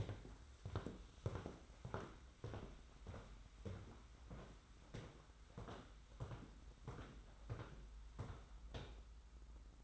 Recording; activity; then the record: daily activity, microphone in the room; walk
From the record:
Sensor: 3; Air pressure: 991.6 hPa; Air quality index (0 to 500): 181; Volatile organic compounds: 1000 ppm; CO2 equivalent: 6059 ppm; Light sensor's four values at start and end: 37/108/43/38 and 38/109/44/38